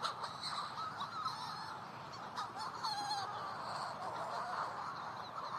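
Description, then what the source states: Manx Shearwater giving harsh, wavering, cackling flight calls over a dense, constant background. Manx Shearwaters calling in flight, unseen, above Skellig Rock at night; witch-like cackling; call awaited by partner incubating a single egg in a burrow, possibly unfed for days.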